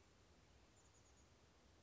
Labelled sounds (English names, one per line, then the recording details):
Chestnut-backed Chickadee
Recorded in Sonoma County, California